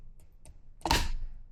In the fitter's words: Ok, arrivato lo scatto significa che avete raggiunto